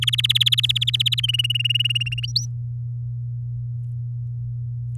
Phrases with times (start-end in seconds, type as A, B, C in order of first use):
0.02-1.20 A, 1.23-2.26 B, 2.28-2.46 C